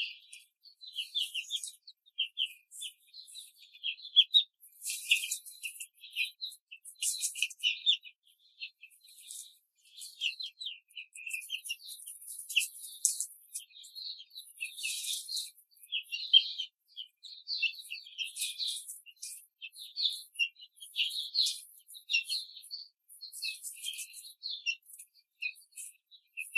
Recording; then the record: young laying hens in a cage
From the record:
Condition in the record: control cage, before the stress test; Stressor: none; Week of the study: 4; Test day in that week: 3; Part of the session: 2